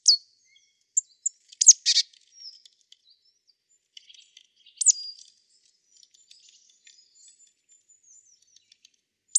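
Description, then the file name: Marsh Tit calls: scattered high, thin chips and a few sharp downslurred notes, separated by long quiet gaps, with faint ticking in the background. "Poecile palustris"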